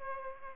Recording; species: mosquito wingbeat signal from an infrared sensor; Aedes aegypti